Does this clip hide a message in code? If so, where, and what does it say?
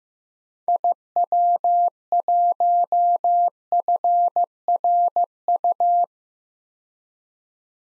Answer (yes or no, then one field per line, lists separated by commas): yes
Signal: Morse code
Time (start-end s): 0.7-6.0 s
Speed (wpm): 15 wpm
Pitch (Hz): 700 Hz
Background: none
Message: IW1FRU